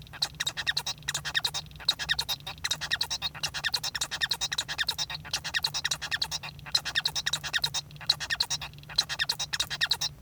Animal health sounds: song of a male Bengalese finch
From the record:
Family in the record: son of father 1

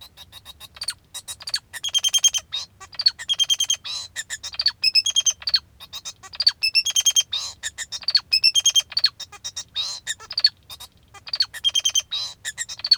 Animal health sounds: song of a male Bengalese finch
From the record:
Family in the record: father 2

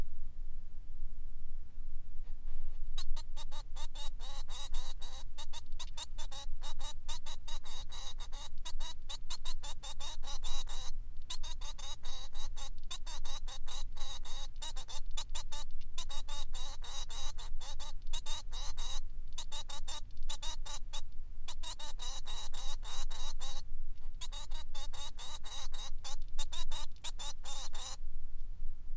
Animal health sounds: song of a male Bengalese finch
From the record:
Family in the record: son of father 3

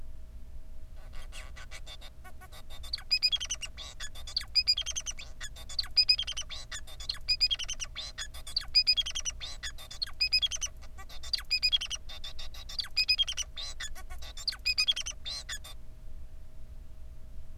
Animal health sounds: song of a male Bengalese finch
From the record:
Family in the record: son of father 4

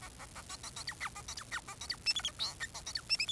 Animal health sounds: song of a male Bengalese finch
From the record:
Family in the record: son of father 4

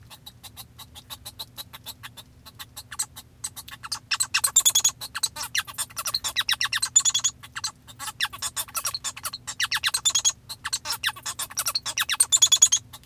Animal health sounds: song of a male Bengalese finch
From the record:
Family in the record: father 1

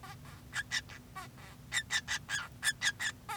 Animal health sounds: song of a male Bengalese finch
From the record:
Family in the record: son of father 2

